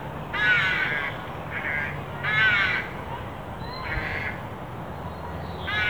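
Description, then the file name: Carrion crow giving harsh, raspy caws, a mix of longer and shorter calls, about five in six seconds, over a steady low rumble. "Corvus corone"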